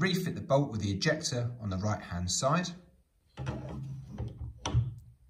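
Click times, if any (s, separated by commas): 4.7 s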